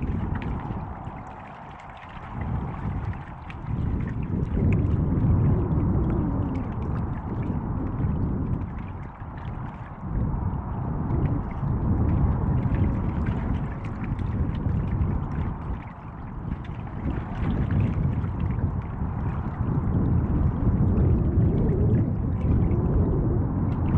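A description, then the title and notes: Strong wind whips across a city river, buffeting the microphone with a heavy, dense low roar that swells and eases in gusts, briefly dropping around two, ten and sixteen seconds. Beneath it runs a steady, far-off traffic hum from cars crossing a bridge. City River w/ Whipping Wind & Cars Driving Over Bridge in The Distance.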